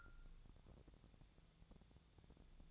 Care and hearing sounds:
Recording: daily activity, microphone in the room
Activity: take from stove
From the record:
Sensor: 3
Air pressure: 999.3 hPa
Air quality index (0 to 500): 199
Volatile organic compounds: 46 ppm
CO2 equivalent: 3239 ppm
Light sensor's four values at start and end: 7/17/7/6 and 7/17/7/6

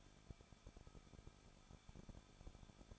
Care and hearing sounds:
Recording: daily activity, microphone in the room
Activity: no activity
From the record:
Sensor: 5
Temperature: 20.7 degrees Celsius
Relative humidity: 38.6%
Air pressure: 1006.5 hPa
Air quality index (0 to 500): 191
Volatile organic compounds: 20 ppm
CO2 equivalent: 2701 ppm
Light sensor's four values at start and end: 2/3/1/1 and 2/3/1/1

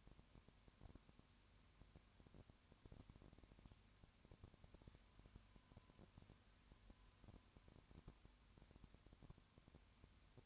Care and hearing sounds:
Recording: daily activity, microphone in the room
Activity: no activity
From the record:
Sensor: 2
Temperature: 20.3 degrees Celsius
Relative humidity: 35.6%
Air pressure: 1001.0 hPa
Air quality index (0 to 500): 197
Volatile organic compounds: 5 ppm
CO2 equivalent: 1736 ppm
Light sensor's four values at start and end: 2/3/2/2 and 2/3/2/2

